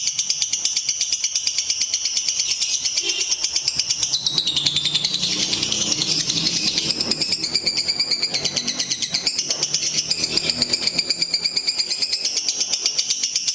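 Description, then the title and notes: Lovebird chattering song, a long, unbroken, rapid rattling trill of high buzzy notes that keeps going for the whole stretch with slight shifts in pitch. Ngekek song style, used as a bait song (kicau pancingan) to prompt other lovebirds to sing; described as the longest song. "Master Kicau Lovebird ngekek, kicau pancingan"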